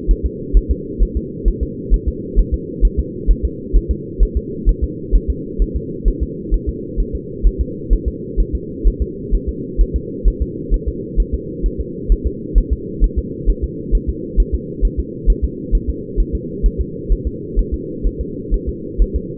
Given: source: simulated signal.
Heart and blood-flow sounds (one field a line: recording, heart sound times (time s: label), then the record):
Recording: fetal heart sounds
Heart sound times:
0.11 s: S1
0.26 s: S2
0.57 s: S1
0.71 s: S2
1.02 s: S1
1.17 s: S2
1.48 s: S1
1.63 s: S2
1.94 s: S1
2.08 s: S2
2.39 s: S1
2.54 s: S2
2.85 s: S1
3.00 s: S2
3.31 s: S1
3.45 s: S2
3.76 s: S1
3.91 s: S2
4.23 s: S1
4.37 s: S2
4.69 s: S1
4.84 s: S2
5.15 s: S1
5.30 s: S2
5.62 s: S1
5.76 s: S2
6.08 s: S1
6.23 s: S2
6.54 s: S1
6.69 s: S2
7.00 s: S1
7.15 s: S2
7.46 s: S1
7.61 s: S2
7.93 s: S1
8.08 s: S2
8.40 s: S1
8.55 s: S2
8.88 s: S1
9.02 s: S2
9.34 s: S1
9.49 s: S2
9.81 s: S1
9.96 s: S2
10.28 s: S1
10.42 s: S2
10.74 s: S1
10.88 s: S2
11.20 s: S1
11.34 s: S2
11.66 s: S1
11.81 s: S2
12.12 s: S1
12.27 s: S2
12.58 s: S1
12.73 s: S2
13.04 s: S1
13.19 s: S2
13.50 s: S1
13.64 s: S2
13.95 s: S1
14.09 s: S2
14.40 s: S1
14.54 s: S2
14.85 s: S1
15.00 s: S2
15.30 s: S1
15.44 s: S2
15.75 s: S1
15.89 s: S2
16.20 s: S1
16.35 s: S2
16.66 s: S1
16.81 s: S2
17.12 s: S1
17.27 s: S2
17.59 s: S1
17.74 s: S2
18.06 s: S1
18.21 s: S2
18.54 s: S1
18.69 s: S2
19.02 s: S1
19.16 s: S2
From the record:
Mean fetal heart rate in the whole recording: 130 bpm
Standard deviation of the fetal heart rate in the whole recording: 2 bpm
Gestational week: 36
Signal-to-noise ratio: -4.1 dB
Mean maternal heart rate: no maternal heart sound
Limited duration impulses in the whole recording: absent